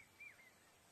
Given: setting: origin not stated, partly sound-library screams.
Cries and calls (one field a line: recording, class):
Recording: one-second piece from a danger detection set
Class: normal situation